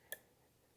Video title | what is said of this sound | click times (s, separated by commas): Better Resetter Smart Key Reset Tool For kwikset & Schlage Locks | hear that click so this is SC1 | 0.1 s